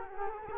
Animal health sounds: mosquito wingbeat signal from an infrared sensor; Culex quinquefasciatus

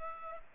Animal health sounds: mosquito wingbeat signal from an infrared sensor; Culex pipiens

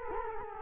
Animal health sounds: mosquito wingbeat signal from an infrared sensor; Culex quinquefasciatus

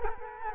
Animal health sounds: mosquito wingbeat signal from an infrared sensor; Culex quinquefasciatus

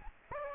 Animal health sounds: mosquito wingbeat signal from an infrared sensor; Aedes aegypti

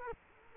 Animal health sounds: mosquito wingbeat signal from an infrared sensor; Culex quinquefasciatus

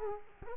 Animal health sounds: mosquito wingbeat signal from an infrared sensor; Culex quinquefasciatus

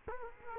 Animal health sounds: mosquito wingbeat signal from an infrared sensor; Culex quinquefasciatus

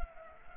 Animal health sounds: mosquito wingbeat signal from an infrared sensor; Culex pipiens

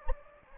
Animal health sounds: mosquito wingbeat signal from an infrared sensor; Anopheles gambiae

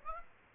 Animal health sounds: mosquito wingbeat signal from an infrared sensor; Aedes aegypti

